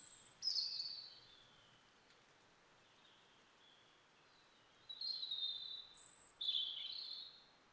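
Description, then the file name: European robin song: a clear, high warbling phrase, a pause with faint notes, then two more thin, sliding phrases in quick succession. "Erithacus rubecula"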